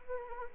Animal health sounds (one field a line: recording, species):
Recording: mosquito wingbeat signal from an infrared sensor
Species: Anopheles arabiensis